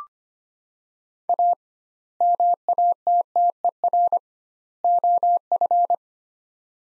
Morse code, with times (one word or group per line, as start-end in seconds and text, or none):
1.3-1.5 A
2.2-4.2 MATTER
4.8-5.9 OF